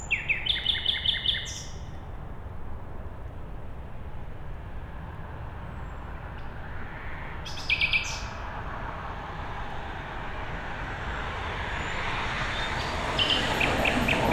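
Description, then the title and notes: Common nightingale song: a rapid pulsed phrase at the start, another short burst midway, and a fast high trill at the end as a rushing noise swells. At night beside a road, Siemianowice Śląskie, Poland, 20 May 2019; Zoom H5 and Audio-Technica BP4025. "Bohaterów Westerplatte, 41-106 Siemianowice Śląskie, Polska - Nightingale. Poniedziałek, 20 maja 2019. Noc. Słowik przy drodze. Nagrania terenowe Siemianowic Śląskich - Dźwiękowy Portret Miasta"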